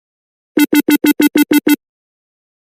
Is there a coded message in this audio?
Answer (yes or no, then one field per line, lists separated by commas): no